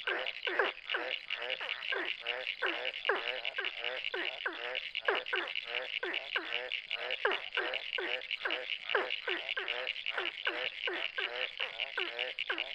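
Ornate burrowing frog calling, rapid repeated downward-sweeping notes, about two or three per second, over a steady high trill throughout.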